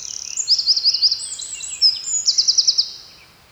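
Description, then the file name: Eurasian wren song, a rapid high twittering run of notes broken by two fast rattling trills, one early and one near the end, lasting about three seconds. "Troglodytes troglodytes"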